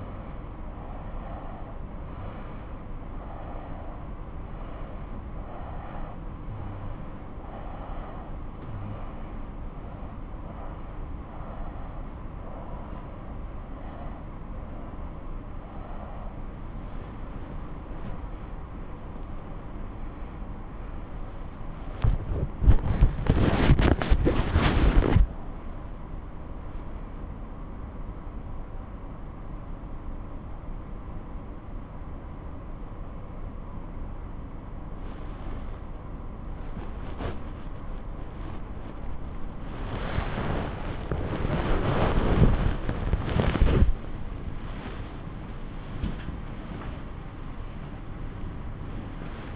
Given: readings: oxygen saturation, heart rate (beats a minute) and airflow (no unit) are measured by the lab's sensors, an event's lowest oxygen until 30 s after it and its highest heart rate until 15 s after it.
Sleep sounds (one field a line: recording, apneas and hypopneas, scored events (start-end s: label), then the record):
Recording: breathing in sleep by a smartphone at the bedside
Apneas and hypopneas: none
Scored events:
30.00-49.55 s: new sleep stage, awake
31.00-49.55 s: awake
From the record:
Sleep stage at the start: REM sleep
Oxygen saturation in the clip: 89 to 96%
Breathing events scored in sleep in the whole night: 217 in 6.3 hours asleep